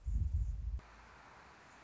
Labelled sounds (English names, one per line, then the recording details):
Anna's Hummingbird
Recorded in Sonoma County, California